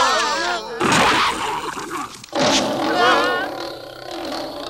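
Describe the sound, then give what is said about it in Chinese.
A lion in a Doraemon animated film roars in two loud, rough, rumbling bursts, each swelling and then fading, with excited voices chattering before and between them. “狮子说话了。”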